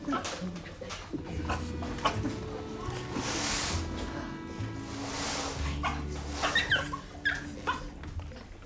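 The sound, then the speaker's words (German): A dog barks in short, repeated bursts between high-pitched whimpers and yips, fairly loud and uneven in rhythm, with faint human voices now and then underneath, while someone tends to the dog. “Lady Williams, Augenblick, ich muss nur erst den Hund versorgen.”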